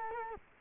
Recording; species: mosquito wingbeat signal from an infrared sensor; Culex quinquefasciatus